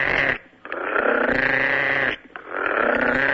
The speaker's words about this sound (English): It's, you know, I'm sure what it is, it's a Cuban tree frog. It's now the time of year, the rains are starting, man, and they just, I can't make the sound. It's just, it's a very deep, deep, you know.